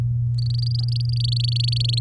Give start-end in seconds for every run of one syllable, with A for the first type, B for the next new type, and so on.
0.38-1.99 A